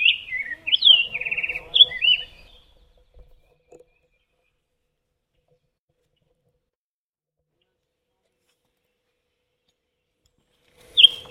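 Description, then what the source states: Grosbeak singing a rich, warbled phrase of rolling whistled notes for about two seconds, then a long silence before a brief note returns at the end; faint low hum beneath. Recorded 12 May 2010.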